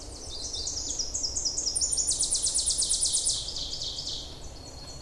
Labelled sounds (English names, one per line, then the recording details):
Ovenbird song
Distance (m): 45 m
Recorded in boreal forest in Alberta, Canada, on 26 May 2016 at 07:54
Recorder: SongMeter 3, array SBT-3-15
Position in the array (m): 52 m, 221 m
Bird 20